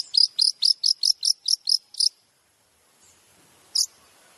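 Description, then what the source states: Shrike-type song: a series of about nine sharp, high, evenly spaced chattering notes over two seconds, a pause, then one more note. Used as masteran training material for other shrikes; described as full of tembakan (rapid shot-like phrases).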